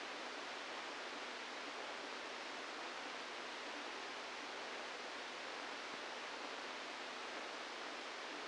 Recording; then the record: brain microelectrode recording played as sound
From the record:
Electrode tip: outside the subthalamic nucleus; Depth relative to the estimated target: 2 mm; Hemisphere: left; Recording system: NeuroSet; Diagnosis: Parkinson's disease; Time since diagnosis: 17 years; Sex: male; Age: 64 years